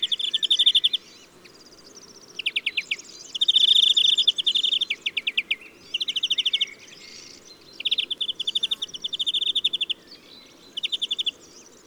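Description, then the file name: European greenfinch delivering repeated chattering trills in quick succession over a soft steady background noise. "Chloris chloris"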